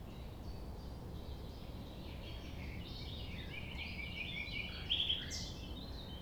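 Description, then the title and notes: Common nightingale song, faint whistled and trilled phrases with a louder note near the end, over steady low background rumble. Singing at 6 A.M. sunrise near the Thève at Champ de Ménage; the nightingale does not wait for silence. "Chant De Ménage. 6 A.M. Lever du soleil non loin de la Thève au Champ de Ménage. Le rossignol n'attend pas le silence"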